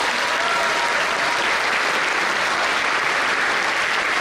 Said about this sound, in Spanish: Le damos un fuerte aplauso a Dios.